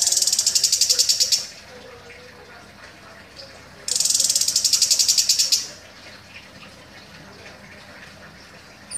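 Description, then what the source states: Orange-headed thrush song: two bursts of rapid, buzzy pulsed rattling separated by a quiet pause. Described as gacor, meaning singing actively.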